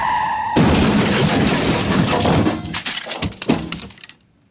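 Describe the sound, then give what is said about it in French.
A car crash as a car overtaking a small Renault on a bend meets an oncoming car: a sudden loud impact bursts out of a brief tone, followed by two seconds of crunching, shattering glass and scattered debris clattering down before it falls silent. “En fait, elle subira les séquelles de l'accident jusqu'à la fin de sa vie.”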